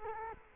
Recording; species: mosquito wingbeat signal from an infrared sensor; Culex quinquefasciatus